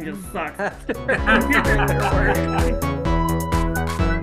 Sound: laughs